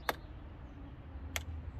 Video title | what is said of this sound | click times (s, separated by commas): 2010 Toyota Camry XLE Driver side Door Panel Removal | You hear that little snap, make it flush. | 0.1 s, 1.4 s